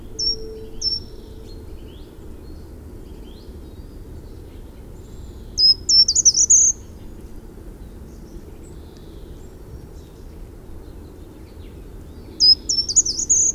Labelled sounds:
Short-toed Treecreeper (Certhia brachydactyla) song
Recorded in the wild
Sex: male
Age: adult
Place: Erlangen, Bayern, DE
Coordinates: 49.5675, 11.0142
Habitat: forest
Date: 1964-03-24
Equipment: Vollspur, Parabolspiegel Grampian
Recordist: Tretzel, Erwin
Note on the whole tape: Brucker Lache, Teil Bruck: Gartenbaumläufer: Gesang

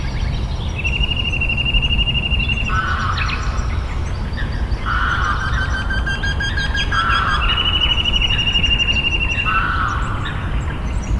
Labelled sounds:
Eurasian Wryneck (Jynx torquilla)
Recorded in the wild
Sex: male
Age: adult
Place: Schönow, Naturpark Barnim, Brandenburg, DE
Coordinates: 52.6783, 13.5047
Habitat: decidous forest
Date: 2013-05-01
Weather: sunny, windless, 10°C
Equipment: Sound Devices 702, Sennheiser MKH 70, Rycote Windschutz
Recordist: Frommolt, Karl-Heinz

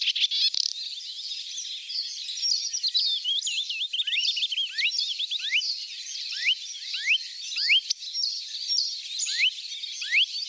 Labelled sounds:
Marsh Warbler (Acrocephalus palustris) song
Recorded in the wild
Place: Flögelner See, Baden-Württemberg, DE
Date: 1981-05-31
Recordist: Schwarz, Dieter

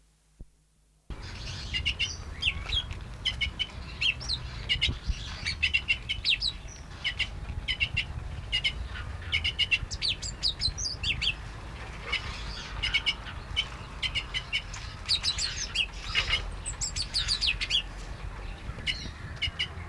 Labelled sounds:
Orange-bellied Leafbird (Chloropsis hardwickii) call
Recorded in captivity
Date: 1971-09-05
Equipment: Halbspur, 9,5 cm/s
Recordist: Lütgens, Hans

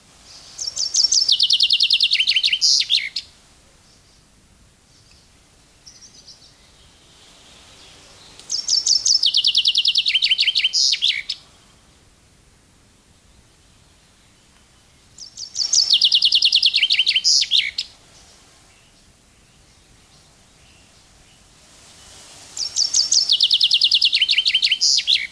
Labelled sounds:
Common Chaffinch (Fringilla coelebs) song
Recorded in the wild
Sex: male
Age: adult
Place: Mühlenbecker Land, OT Summt, Brandenburg, DE
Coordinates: 52.6931, 13.3619
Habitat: garden
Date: 1983-06-04 15:56
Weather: slightly sunny, 24°C
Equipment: Nagra SN, Kopie Uher 4000 Monitor Report
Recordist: Tembrock, Günter
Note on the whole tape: Kieferngrund (Grundstück). Gesang

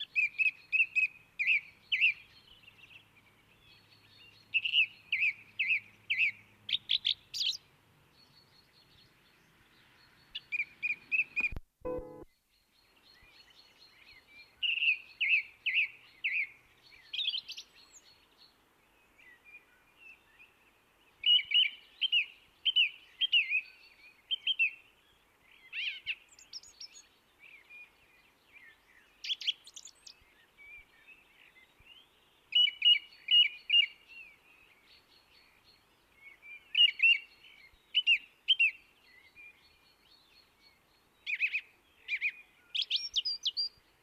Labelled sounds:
Song Thrush (Turdus philomelos) song
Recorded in the wild
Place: Oberstdorf, Bayern, DE
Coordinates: 47.3797, 10.2944
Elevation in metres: 904
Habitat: mountains
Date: 1977-03-20
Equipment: Nagra IV, Sennheiser MKH 405, Parabolreflektor
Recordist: Tretzel, Erwin

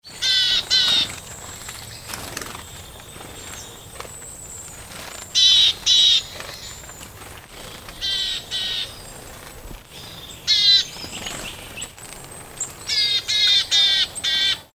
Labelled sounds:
Willow Tit (Poecile montanus) call
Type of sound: call
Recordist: Frommolt, Karl-Heinz
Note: Rufe und Fluggeräusche

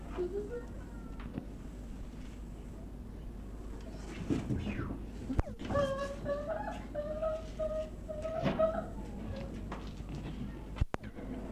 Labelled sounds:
Western Gorilla (Gorilla gorilla) call
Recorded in captivity
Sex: female
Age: juvenile
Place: Tierpark Berlin, Berlin, DE
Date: 1965-08-30 15:00
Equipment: R 21, Dynamisches Mikro 21a
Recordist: TSA

